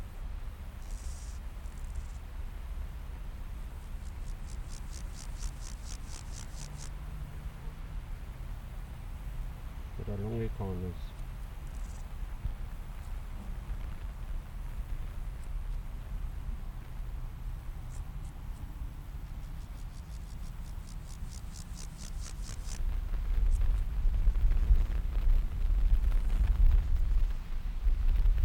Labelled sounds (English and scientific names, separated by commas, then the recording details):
Water-meadow Grasshopper (Chorthippus montanus) stridulation
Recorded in the wild
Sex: male
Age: imago
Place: Schildow, NSG, Kalktuffgelände am Tegeler Fließ (NSG Schildow), Berlin, DE
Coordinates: 52.642, 13.37
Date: 1993-08-14 12:02
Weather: 20°C, sonnig
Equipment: Marantz CP 430, Sennheiser ME 80, Kopie Uher Variocord 263
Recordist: Tembrock, Günter
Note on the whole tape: Stridulation